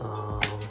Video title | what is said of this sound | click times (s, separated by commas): Pelican Getaway 110 hdi with hobie mirage drive 180 (budget hobie lynx) #kayakfishing | hit the two tabs and it's locked in. | 0.4 s